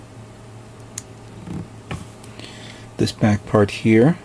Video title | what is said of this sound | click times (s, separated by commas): *GundamCustom* 1/144 HG Gouf Custom - Part 3 | snap it in over it so it holds that part into place like so | 1.0 s